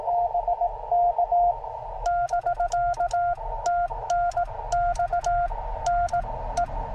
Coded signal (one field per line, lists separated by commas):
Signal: Morse code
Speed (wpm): 19 wpm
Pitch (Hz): 700 Hz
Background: radio noise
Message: BK <BK> TNX N E